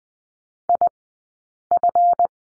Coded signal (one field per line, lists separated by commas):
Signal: Morse code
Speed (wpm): 20 wpm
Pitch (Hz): 700 Hz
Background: none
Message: IF